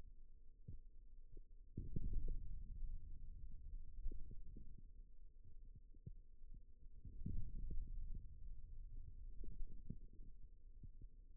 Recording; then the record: forearm muscle sounds (acoustic myography)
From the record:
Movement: ulnar deviation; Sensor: system 2, bracelet of six BSWA MPA416 microphones around the upper forearm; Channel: 1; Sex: male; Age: 22 years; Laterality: right